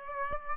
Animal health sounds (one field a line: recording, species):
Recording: mosquito wingbeat signal from an infrared sensor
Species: Aedes aegypti